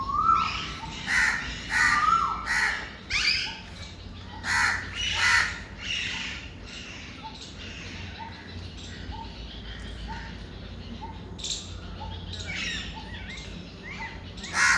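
Bird delivers a string of harsh, scratchy caws and squawks, then a run of short, soft repeated notes about once a second over low hum.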